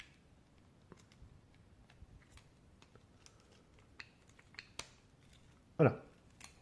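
A plastic body part of a Transformers Legacy Evolution Antagony action figure is handled and pressed toward the figure's body while fingers are fitted into a hole, producing small scattered plastic taps and clicks. Someone talks briefly near the end. Nothing has seated or clicked into place yet.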